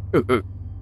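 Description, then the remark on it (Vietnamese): A voice imitates the loud squeak of a large rat, with two quick, bright, strained chirps in close succession, followed by near silence. “Một tiếng chích thật lớn ở ngay sau lưng ông Tám.”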